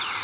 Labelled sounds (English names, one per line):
Blackburnian Warbler flight call